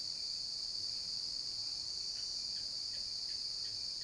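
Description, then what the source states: Crickets give a continuous piercing trill, while faint short chirps repeat lightly in the background during the second half. Cricket ambience recorded at night.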